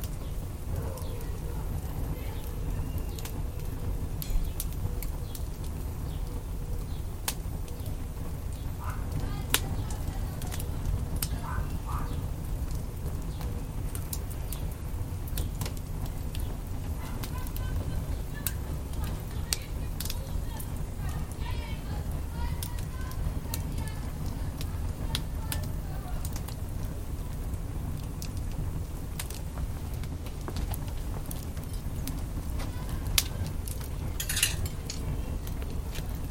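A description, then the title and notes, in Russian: A campfire burns, recorded with a binaural microphone, with a steady low roar underneath and frequent sharp crackles and pops scattered throughout. A few louder snaps stand out around 9, 20 and 33 seconds, and faint voice-like fragments surface briefly in the middle. Горения костра на бинауральном микрофоне.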